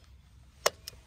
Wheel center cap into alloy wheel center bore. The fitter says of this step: want to hear that snap.